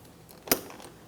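A plastic door lock knob on a 2003-2007 Cadillac CTS rear door is slid down the door lock rod and then pressed in to seat it. A sharp, bright click is heard at 0.5 s, with fainter ticks around it. The knob is seated on the rod.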